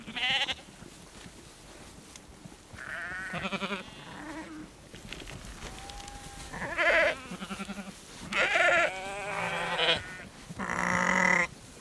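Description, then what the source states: Sheep bleating: several wavering harmonic bleats spread throughout, with quieter sounds between. A herd of sheep walking close by, bleating.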